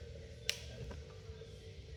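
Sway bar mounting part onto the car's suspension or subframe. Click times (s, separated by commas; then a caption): 0.5 s. A sway bar mounting part is pushed onto the suspension or subframe of a Mk2 Jetta (GLTC) during a sway bar install, and it clicks into place with a sharp, bright snap at 0.5 s. A softer, duller knock follows at about 0.9 s over a low steady hum, and the part is seated.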